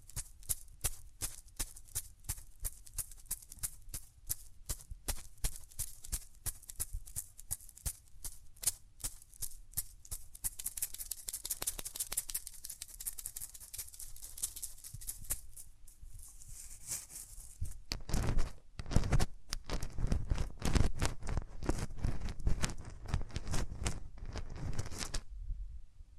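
Hands rub and brush over ears in close up, with no talking, making dense, crackly scratching that runs the full length in quick irregular strokes. Around the middle the rubbing turns brighter and hissier, and from about eighteen seconds deeper, heavier muffled rubs take over.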